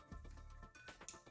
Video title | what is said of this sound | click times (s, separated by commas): Brembo/M Sport Brakes on your BMW, DIY-new pads/rotors (V3.0) | I think you heard the click. | 1.1 s